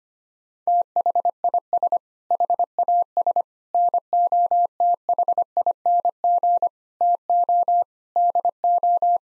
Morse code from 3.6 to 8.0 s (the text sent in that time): NOTHING TO